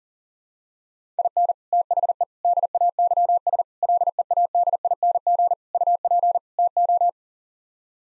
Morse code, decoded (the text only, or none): IN THE DAYS LEADING UP TO